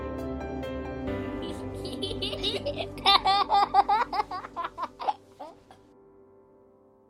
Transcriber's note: laughs